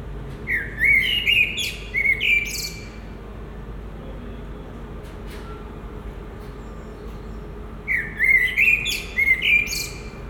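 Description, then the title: Common blackbird song: two fluted whistled phrases, each ending in high scratchy twitters, separated by about five seconds of quiet background hum. Recorded at Résidence Sainte-Gertrude in the Marolles, Brussels, Belgium, with a Sony PCM-M10 and Luhd PM-01 binaural microphones. "Marolles, 1000 Bruxelles, Belgique - Résidence Sainte-Gertrude - Merle - Blackbird"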